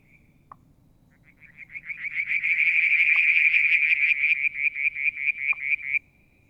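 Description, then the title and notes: Frog: beginning near silence, a fast pulsed trill builds in loudness and later cuts off abruptly, with occasional short lower pops. Striped marsh frog, Verreaux's tree frog and an unidentified frog calling one July 2022 evening near a water tank at Mount Wilson, New South Wales, Australia. "Frog song, Mount Wilson, New South Wales, Australia in July 2022 – by Alexander Moffatt. Limnodynastes Peronii, Litoria Verreauxii and a mystery frog one evening near the water tank"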